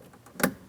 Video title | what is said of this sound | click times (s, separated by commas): How to Replace Rear Power Window Regulators with Motor 2003-2006 Cadillac CTS | Press it in, listen for an audible click. | 0.4 s